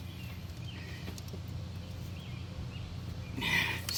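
A screwdriver bit turns a Phillips screw that holds the ignition coil to the engine bracket of a Dodge Dakota truck, over a steady low hum with faint chirps. A gritty scraping burst rises around 3.4 s, and the bit cams out of the screw head with a sharp click at 3.9 s, leaving the head a little stripped.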